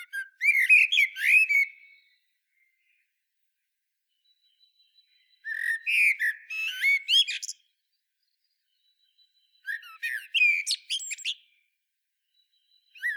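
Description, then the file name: Common blackbird delivering three separate song phrases, each of low mellow whistles followed by high scratchy twittering, separated by pauses. "Turdus merula"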